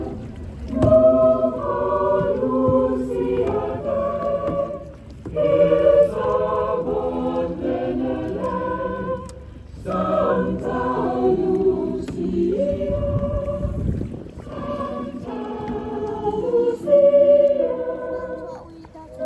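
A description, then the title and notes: Many voices sing together in long, sustained melodic phrases, with brief breaks between lines around five, ten and sixteen seconds. The singing is full, holding a steady loudness, with a low murmuring rumble underneath from the open harbor. Santa Lucia kayak parade, Copenhagen, Denmark. Paddling in the Copenhagen harbor with hundreds of people and looking up at thousands of people lining the shores singing together.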